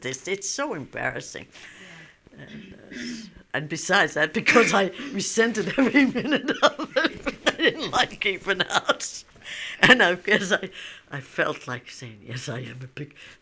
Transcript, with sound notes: It's so embarrassing. And besides, I think that I resented every minute of it. ( she laughs ) I didn't like keeping house. And I guess I felt like saying, "Yes, I am a big."